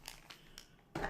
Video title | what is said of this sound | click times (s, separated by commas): Synology DS918+ NAS Project | all the way in to where this lever clamps into place. | 0.1 s, 0.6 s